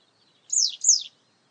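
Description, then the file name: Citrine wagtail calling with two quick buzzy, rasping downslurred notes in close succession, a single double call against silence. "Golosa ptic - ZHeltogolovaya tryasoguzka Motacilla citreola"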